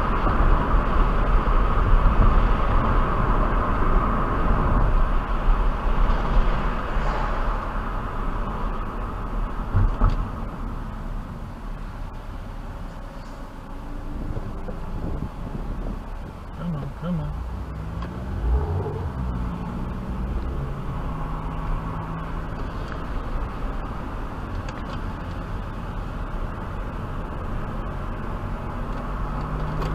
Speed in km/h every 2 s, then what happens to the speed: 56, 55, 55, 48, 39, 21, 10, 6, 6, 13, 19, 26, 27, 27, 37.
0-14 brakes to 6. 16-28 speeds up to 37.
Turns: 20-26.